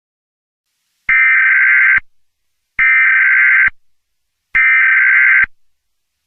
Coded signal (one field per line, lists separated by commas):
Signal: Emergency Alert System (SAME) tones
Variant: header bursts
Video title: The Greater Dying: A Bubonic Plague EAS Scenario